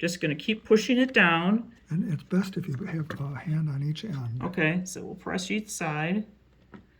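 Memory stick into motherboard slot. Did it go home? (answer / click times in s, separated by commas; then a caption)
partly / 6.7 s. A RAM memory stick, its notch lined up with the blue part of the motherboard slot, is pressed down into the slot with a hand on each end while someone talks. A faint click at 6.7 s is one of the two retaining clips latching. The module is latched on one end only, and the other side still needs pushing.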